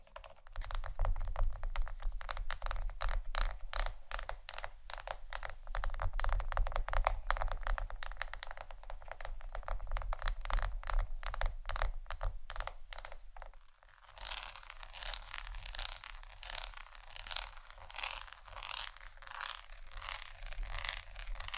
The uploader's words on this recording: ASMR Tap & Scratch On Chocolate （No Talking）.